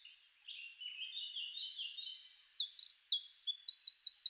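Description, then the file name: Eurasian wren song, a quick run of thin high notes that builds in volume and rises into a steady rattling trill. "Troglodytes troglodytes"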